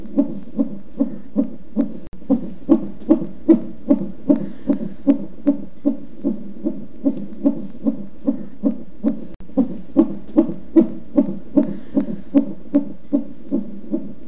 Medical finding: Fetal Heartbeat.